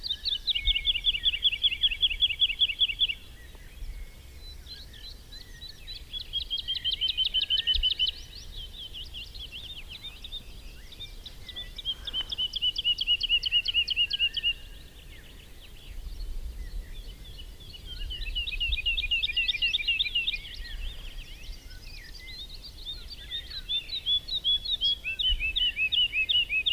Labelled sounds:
Wood Lark (Lullula arborea) song

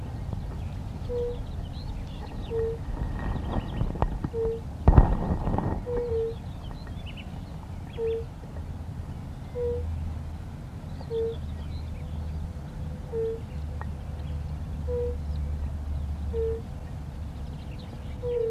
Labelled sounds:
Fire-Bellied Toad (Bombina bombina) call

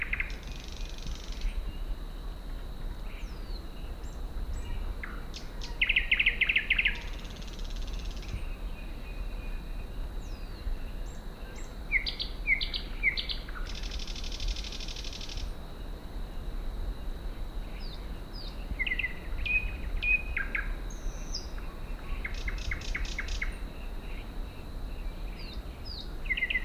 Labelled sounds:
Thrush Nightingale (Luscinia luscinia) song

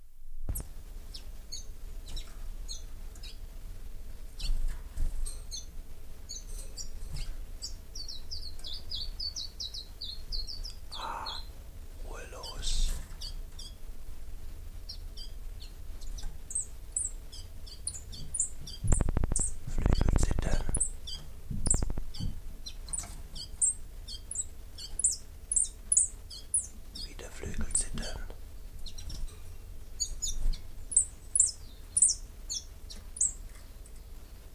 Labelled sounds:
Common Chiffchaff (Phylloscopus collybita)

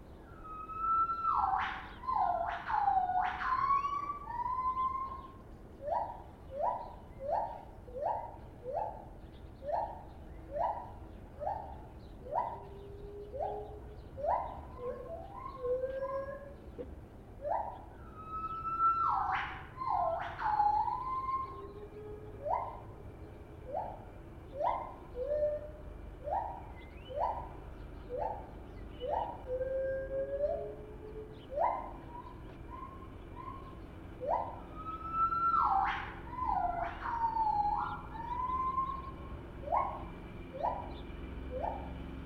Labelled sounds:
Lar Gibbon (Hylobates lar)

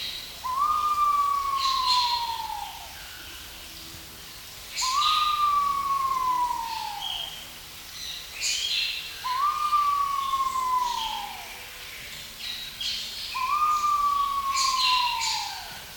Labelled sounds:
Pheasant Pigeon (Otidiphaps nobilis) call

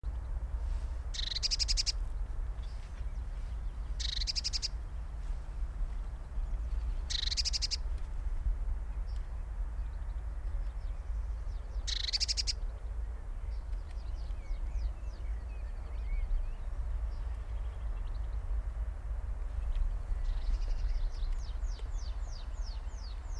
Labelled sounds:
Eurasian Blue Tit (Cyanistes caeruleus) call

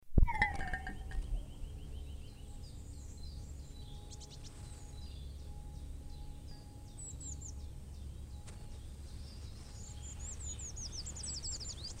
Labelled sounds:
European Robin (Erithacus rubecula)

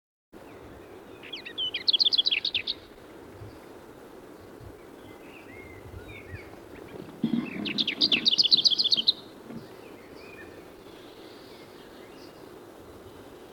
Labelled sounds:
Lesser Whitethroat (Sylvia curruca) song

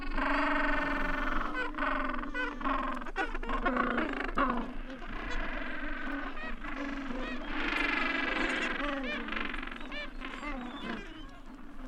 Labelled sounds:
Gentoo Penguin (Pygoscelis papua) call

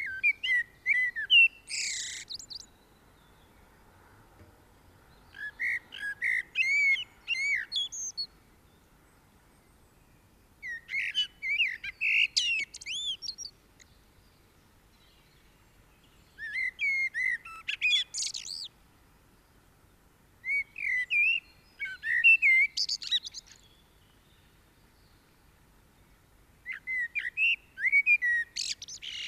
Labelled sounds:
Common Blackbird (Turdus merula) song

